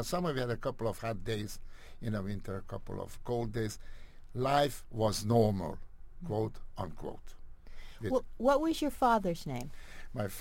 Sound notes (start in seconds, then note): none